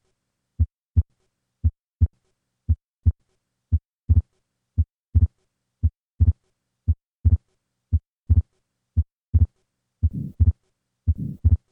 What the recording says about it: The murmur and split second heart sound of an atrial septal defect. I will begin with normal sounds and then add the split second heart sound and finally the systolic murmur.